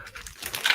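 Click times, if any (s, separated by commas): 0.7 s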